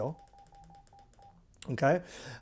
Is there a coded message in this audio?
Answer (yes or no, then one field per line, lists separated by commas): no